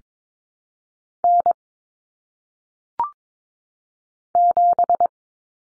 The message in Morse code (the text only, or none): N 7